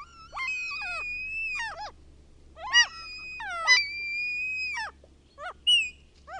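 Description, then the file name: Common gull giving long, sustained mewing wails that dip at the end, broken by a few short sharp yelps. The recordist's own bird recording. "KALALOKKI"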